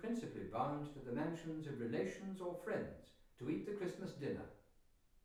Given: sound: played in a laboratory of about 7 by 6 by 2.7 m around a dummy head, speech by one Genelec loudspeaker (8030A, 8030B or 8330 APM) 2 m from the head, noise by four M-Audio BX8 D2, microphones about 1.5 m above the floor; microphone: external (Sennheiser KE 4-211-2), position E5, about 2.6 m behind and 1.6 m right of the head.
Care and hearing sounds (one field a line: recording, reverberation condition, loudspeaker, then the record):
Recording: male speech in English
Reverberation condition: medium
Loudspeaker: 60 degrees to the left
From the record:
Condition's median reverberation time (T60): about 510 ms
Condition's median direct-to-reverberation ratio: about -0.5 dB